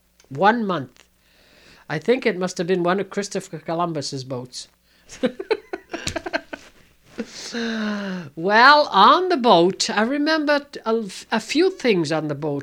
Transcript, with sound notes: One month. I think it must have been one of Christopher Columbus' boats. ( she laughs ) Well, on the boat, I remember a few things on the boat.